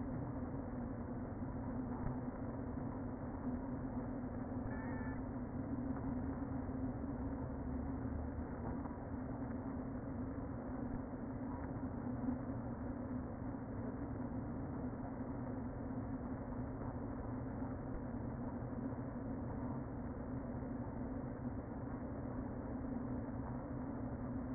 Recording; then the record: honeybee colony, microphone inside the hive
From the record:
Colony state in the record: queen present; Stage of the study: before two queens were removed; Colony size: about 60,000 bees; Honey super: yes